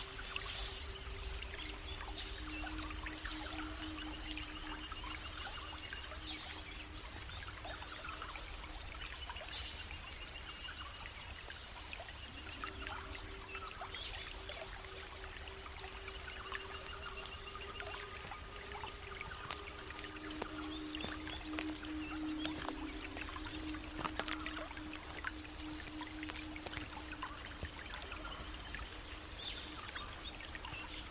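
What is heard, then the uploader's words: A small creek flows steadily for the whole half minute, a dense, even wash of trickling and splashing water with frequent quick clicks and drips. Low, sustained tones drift in and out underneath, shifting in pitch around the middle and later on. Mystic forest asmr ambience. Small creek (walk past).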